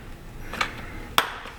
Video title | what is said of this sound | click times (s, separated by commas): Kia Sedona - Sliding Door Motor & Cables | let me get these uh click back in here | 1.2 s